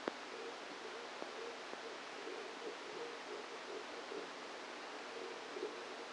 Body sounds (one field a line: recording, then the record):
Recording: brain microelectrode recording played as sound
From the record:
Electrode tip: outside the subthalamic nucleus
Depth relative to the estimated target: 3 mm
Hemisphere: right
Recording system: NeuroSet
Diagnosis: Parkinson's disease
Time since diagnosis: 7 years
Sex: female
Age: 68 years